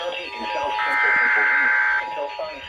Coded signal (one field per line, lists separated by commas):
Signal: Emergency Alert System (SAME) tones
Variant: header bursts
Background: speech